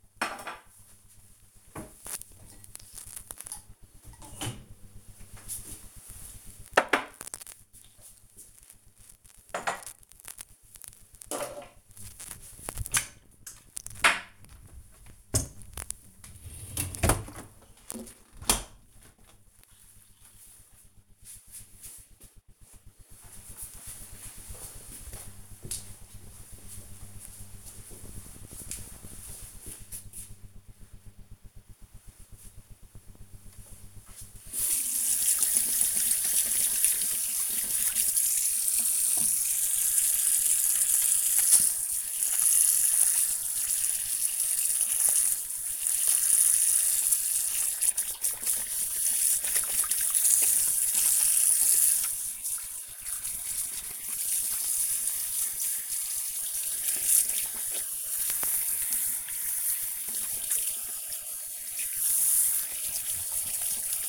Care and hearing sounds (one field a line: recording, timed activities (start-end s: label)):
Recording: household activities, microphone on the right wrist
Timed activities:
0.00-18.29 s: cleaning out the dishwasher
31.35-64.09 s: washing hands